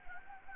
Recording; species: mosquito wingbeat signal from an infrared sensor; Anopheles gambiae